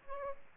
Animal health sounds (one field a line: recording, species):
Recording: mosquito wingbeat signal from an infrared sensor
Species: Aedes aegypti